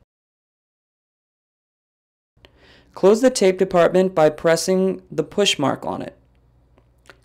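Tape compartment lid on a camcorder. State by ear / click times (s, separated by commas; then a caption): seated / 7.1 s. Someone talks as the plastic tape compartment lid of a Sony VX2100 MiniDV camcorder is closed by pressing the push mark on it. After the talking stops, a few faint ticks lead up to a short, sharp click at 7.1 s as the lid clicks shut and seats.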